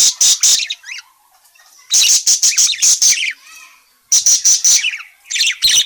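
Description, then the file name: Parakeet calls: quick volleys of shrill, grating notes mixed with short warbled twitters, in several bursts. Calling parakeet, described as gacor (in full, persistent voice). "suara burung parkit gacor memanggil"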